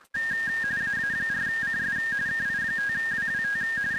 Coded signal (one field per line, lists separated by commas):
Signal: RTTY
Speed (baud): 45.45 baud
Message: AA4CS KI5WWT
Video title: Weekly RTTY TEST - 5-29-2026